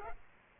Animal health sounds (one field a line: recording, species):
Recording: mosquito wingbeat signal from an infrared sensor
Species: Culex quinquefasciatus